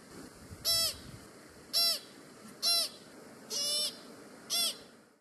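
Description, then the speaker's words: American Pika giving short, high calls, five about one second apart, over a soft background hiss. Lives mostly in rocky canyons at high elevations in Utah. "That's the sound of a pika, a small rodent that looks a bit like a guinea pig."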